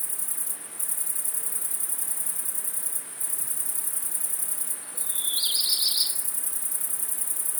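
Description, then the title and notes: Great Green Bush-cricket song, a continuous high, hissing buzz broken by short pauses, with a brief chirping bird call partway through. First of the year, several individuals singing in Virginia creeper covering a house, 700 m altitude, late afternoon into evening, from a balcony, Fourcinet, Drôme, 9 July 2018. "Fourcinet - Drôme. Rencontre avec les premières Grandes Sauterelles vertes"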